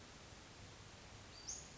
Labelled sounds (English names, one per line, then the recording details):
Western Flycatcher
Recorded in Sonoma County, California